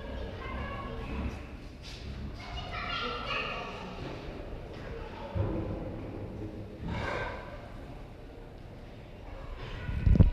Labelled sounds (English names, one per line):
Tiger growling